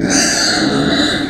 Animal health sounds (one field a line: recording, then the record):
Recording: squeal of a Yucatan mini pig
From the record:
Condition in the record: before surgery on the right vocal fold (resection and tissue-engineered implant)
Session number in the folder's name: 3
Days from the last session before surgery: 0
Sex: female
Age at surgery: 19 weeks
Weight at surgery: 25 kg